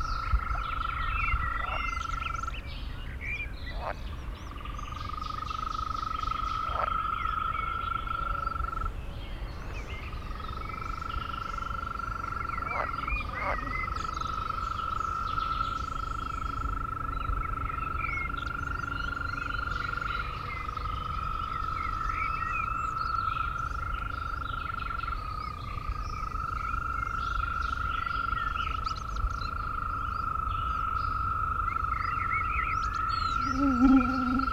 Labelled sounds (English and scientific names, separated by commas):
Green Toad (Bufo viridis) call